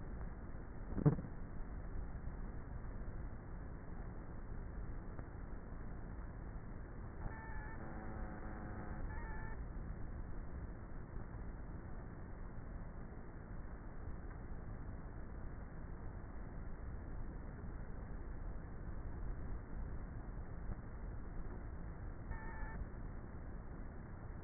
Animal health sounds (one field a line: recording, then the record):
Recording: honeybee colony, microphone inside the hive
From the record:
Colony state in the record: queenless with a low population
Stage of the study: before two queens were removed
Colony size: about 30,000 bees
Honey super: no